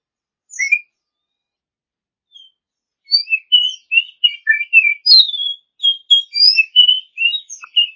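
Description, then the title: Oriental magpie-robin song: a few isolated whistles, then a dense, continuous stream of varied melodious notes and trills. Champion songbird. "Kicau Burung Kacer Juara"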